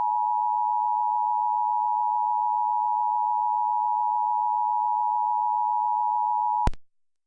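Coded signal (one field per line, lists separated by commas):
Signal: Emergency Alert System (SAME) tones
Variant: 853 and 960 Hz attention tone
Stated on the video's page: Recreation of a 2011 San Francisco Bay Area tsunami warning; may contain valid tones.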